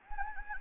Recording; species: mosquito wingbeat signal from an infrared sensor; Anopheles gambiae